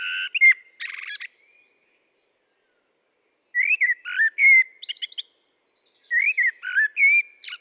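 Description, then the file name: Common blackbird song: a phrase ending in a buzzy twitter, a pause, then two more mellow warbled phrases with squeaky high notes. "Turdus merula"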